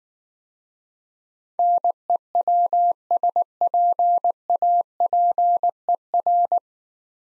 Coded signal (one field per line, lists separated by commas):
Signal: Morse code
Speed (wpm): 19 wpm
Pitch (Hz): 700 Hz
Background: none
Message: NEWSPAPER